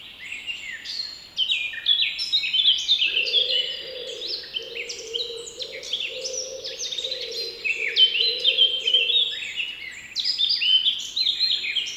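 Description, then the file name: Wood pigeon cooing, a low soft hooting phrase running for about six seconds, beneath a loud, rich and varied warbling blackcap song that continues throughout. Recorded together with a singing blackcap. "Andrew Skeoch - Wood Pigeon and Blackcap"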